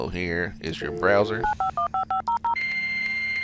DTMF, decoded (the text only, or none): 95155